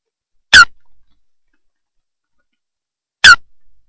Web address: Лысуха. plurifon